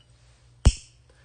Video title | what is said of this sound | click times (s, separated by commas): Michael O'Connor Live with Carroll's Jewelers | So, that click is very secure. | 0.7 s